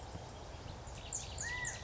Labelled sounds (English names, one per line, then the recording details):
California Quail
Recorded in Sonoma County, California